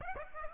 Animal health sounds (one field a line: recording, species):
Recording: mosquito wingbeat signal from an infrared sensor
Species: Aedes aegypti